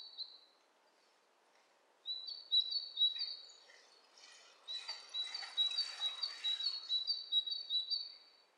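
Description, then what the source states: Bird calls: high whistled phrases, one brief then a longer stuttering series of notes over a second soft rustling sound. Two birds interacting; lo-fi recording.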